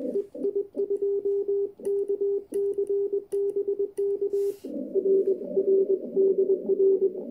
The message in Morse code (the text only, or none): EI2KC BK R R DR